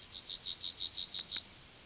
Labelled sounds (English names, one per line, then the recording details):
Yellowhammer song
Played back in forest
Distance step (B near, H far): B
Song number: 166